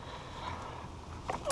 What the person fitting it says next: Hear it click.